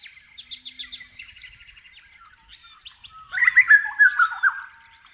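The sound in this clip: Grey butcherbird song opening with a quick series of short, evenly repeated notes, a quieter warbling passage, then a loud burst of mellow, rolling notes.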